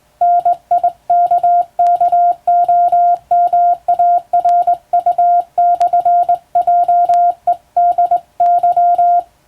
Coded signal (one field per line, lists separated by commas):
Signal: Morse code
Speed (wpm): 21 wpm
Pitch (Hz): 700 Hz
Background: none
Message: NIKKOMARU/JEDY